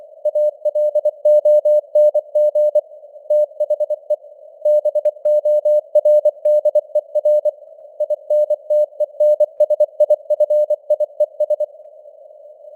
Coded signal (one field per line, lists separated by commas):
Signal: Morse code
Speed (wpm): 24 wpm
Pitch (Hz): 600 Hz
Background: none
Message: ALONG THE BORDER INTENSIFIES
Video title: Morse Code News | 2025-12-15 | 24wpm